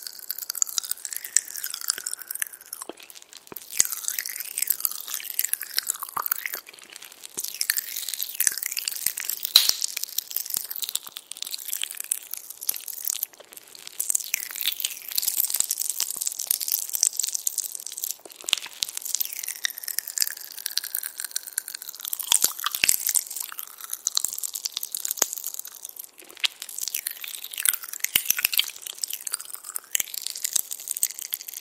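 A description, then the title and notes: Crackly crunching and popping of candy being chewed, a dense bright fizz of tiny snaps with brief pauses throughout. 팝핑캔디+젤리 이팅사운드 | popping candy jelly eating sound.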